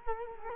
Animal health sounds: mosquito wingbeat signal from an infrared sensor; Culex quinquefasciatus

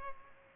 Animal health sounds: mosquito wingbeat signal from an infrared sensor; Culex pipiens

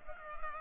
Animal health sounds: mosquito wingbeat signal from an infrared sensor; Culex pipiens

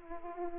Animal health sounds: mosquito wingbeat signal from an infrared sensor; Aedes aegypti

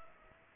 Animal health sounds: mosquito wingbeat signal from an infrared sensor; Aedes aegypti

